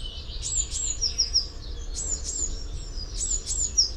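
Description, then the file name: Eurasian blue tit giving high, sharp notes with thin trailing tails in quick pairs, repeated three times over low background noise. "Cyanistes caeruleus"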